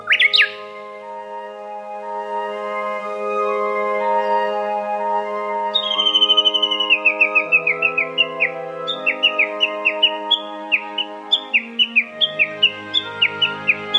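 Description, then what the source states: Japanese bush warbler opens with a sharp note, then after a pause launches a long series of falling notes, over a low steady hum. Recorded at Daigenji Plateau, Niigata Prefecture, Japan.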